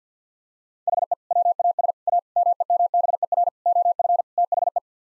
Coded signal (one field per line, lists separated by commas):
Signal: Morse code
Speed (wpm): 50 wpm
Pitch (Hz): 700 Hz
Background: none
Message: HE WAS A MEMBER OF THE